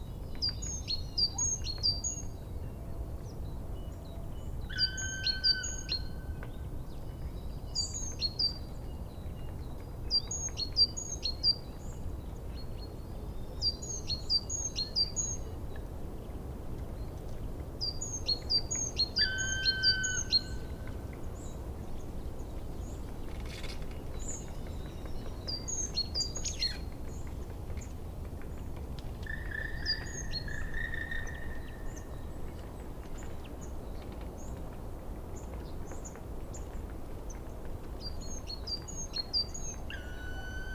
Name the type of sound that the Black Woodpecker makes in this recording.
call